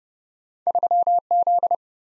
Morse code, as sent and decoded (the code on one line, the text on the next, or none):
...-- --..
3Z